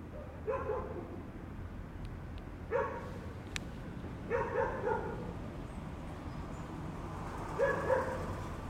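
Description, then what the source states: Dog barks in scattered single and double bursts, with one sharp click between them and a constant low background hum. More than one dog.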